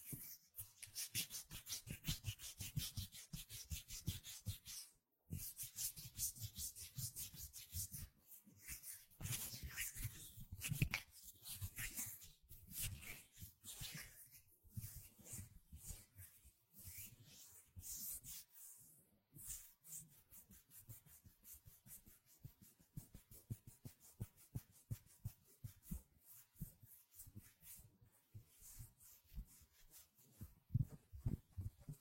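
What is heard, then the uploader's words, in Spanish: Hands rub and brush together, dense scratchy friction strokes in quick irregular bursts with brief silent pauses. ASMR Sonidos de manos. Chasquidos, frotaciones, palmadas y demás. SIN HABLAR.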